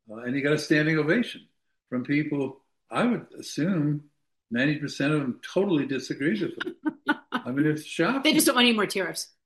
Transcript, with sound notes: and he got a standing ovation from people... I would assume 90% of them totally disagreed with him.
(laughs)
I mean, it's shocking.
They just don't want any more tariffs.